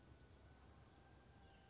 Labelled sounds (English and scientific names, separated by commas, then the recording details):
Western Flycatcher (Empidonax difficilis)
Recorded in Sonoma County, California